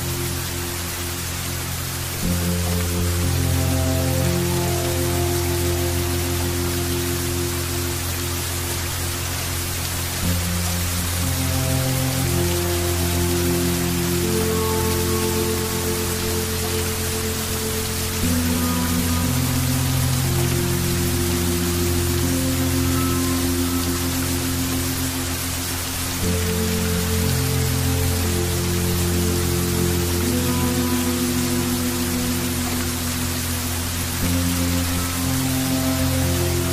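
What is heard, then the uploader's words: Steady, dense rain hiss fills the whole clip, even and unbroken. Beneath it, low sustained meditation tones hold long chords that shift every few seconds, with changes around 2, 10, 18 and 26 seconds, and faint higher notes drifting above. Heavy Rain and Meditation Tones.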